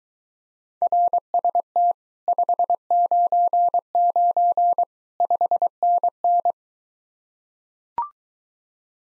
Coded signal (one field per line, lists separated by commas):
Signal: Morse code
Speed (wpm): 23 wpm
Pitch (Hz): 700 Hz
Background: none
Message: RST 599 5NN